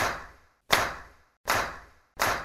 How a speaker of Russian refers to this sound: И все сектанты одновременно хлопнули в ладоши 4 раза.